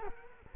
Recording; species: mosquito wingbeat signal from an infrared sensor; Culex quinquefasciatus